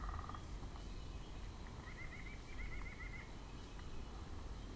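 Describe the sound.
White-breasted nuthatch giving a fairly faint, fast series of nasal notes for over a second amid strong low rumble and a brief burst of other notes at the start.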